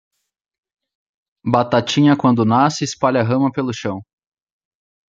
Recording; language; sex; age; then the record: short text; Brazilian Portuguese; male; 30 to 39 years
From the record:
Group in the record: control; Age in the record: 31 years